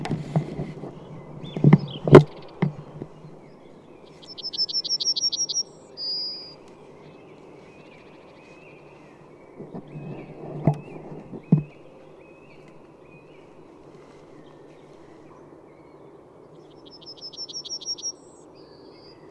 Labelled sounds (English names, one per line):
Yellowhammer song